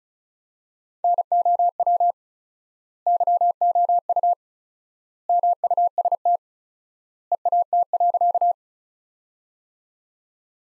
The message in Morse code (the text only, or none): NOW YOU MUST EAT.